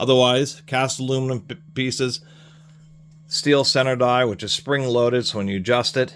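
A General Tools #840 doweling jig with cast aluminum pieces and a spring-loaded steel center die is handled while someone talks, with a steady low hum underneath. The die is being adjusted to a drill-size position but has not yet clicked into its detent; nothing has seated or clicked yet.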